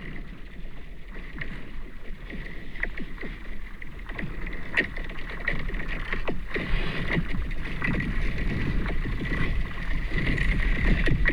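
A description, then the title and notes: Ice hockey heard from under the ice: muffled thuds and sharp skate clicks over a steady high whine, growing louder and busier throughout. Jeu de hockey sur glace enregistré au travers de la glace, sous la glace et dans l'eau, avec un hydrophone. Friendly Ice hockey game recorded through the ice, under the ice, and in the water, with a hydrophone. Near Bremerhaven, Germany.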